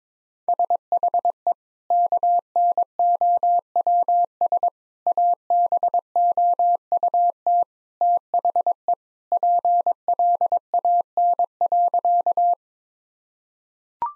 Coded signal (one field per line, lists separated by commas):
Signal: Morse code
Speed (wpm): 22 wpm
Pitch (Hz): 700 Hz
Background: none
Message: SHE KNOWS ABOUT THE PLAN.